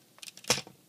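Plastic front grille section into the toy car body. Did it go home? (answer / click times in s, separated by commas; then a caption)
yes / 0.5 s. The plastic front grille section of a transforming toy car is lifted back and pushed into the toy car body. A few light plastic ticks come first, then a sharp, bright snap at 0.5 s and a faint tick just after. The grille section is confirmed snapped back into place.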